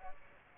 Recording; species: mosquito wingbeat signal from an infrared sensor; Aedes aegypti